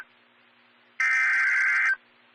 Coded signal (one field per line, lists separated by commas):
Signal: Emergency Alert System (SAME) tones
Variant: header bursts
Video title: Tornado Warning (Jefferson County, IN) (3/25/21) [EAS #80]